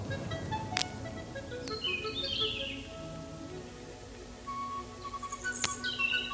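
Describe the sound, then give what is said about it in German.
Birds chirp and sing in short, high sweeping phrases over a low background hum, broken by a few sharp clicks. No one speaks. “Wer von Pfaffners Herz gegessen hat, kann die Sprache der Vögel verstehen.”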